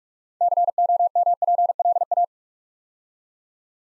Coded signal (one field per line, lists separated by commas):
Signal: Morse code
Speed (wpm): 44 wpm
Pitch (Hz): 700 Hz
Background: none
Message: COMPLA